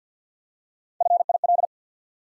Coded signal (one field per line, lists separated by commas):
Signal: Morse code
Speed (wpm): 50 wpm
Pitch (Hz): 700 Hz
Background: none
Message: FIL